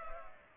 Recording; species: mosquito wingbeat signal from an infrared sensor; Culex pipiens